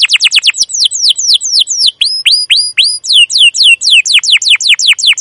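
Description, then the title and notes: Canary giving high downslurred chirps, a few upward-hooked whistles, then a steady series of falling notes. Canary song used as a lure (pancingan, masteran) to train young canaries to sing; described as gacor, long, emotional 'cuit cuit ngerol' chirping. "CUIT CUIT NGEROL LANGSUNG GACOR PANJANG Kenari Ini AMPUH Utk Pancingan KENAR. PANCINGAN Kenari GACOR PANJANG Cuit CUIT EMOSI ini AMPUH utk MASTERAN Kenari PAUD belajar BUNYI. burung kenari"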